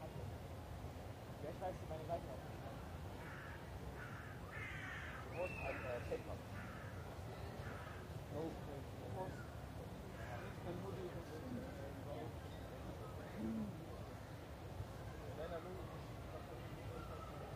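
People pass by in Munich's Englischer Garten, with a steady murmur of overlapping conversation filling the whole clip. Brighter calls and voice fragments break through every second or two, and a crow-like caw stands out near the middle.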